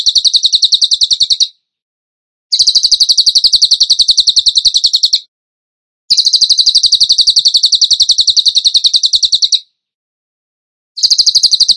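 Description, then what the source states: Bird song: repeated bursts of rapid, machine-gun high chirps, each several seconds long, separated by short silences. Masteran training recording for songbirds, tembakan gacor song style.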